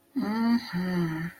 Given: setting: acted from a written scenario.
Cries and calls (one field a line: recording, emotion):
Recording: vocal sound without words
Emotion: romantic love